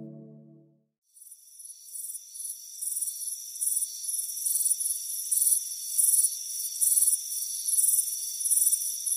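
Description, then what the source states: Cricket: a brief low tone opens and fades out, then crickets rise in with shrill, evenly repeated chirps over a high steady drone. Soothing cricket chirping on a warm afternoon on a front porch.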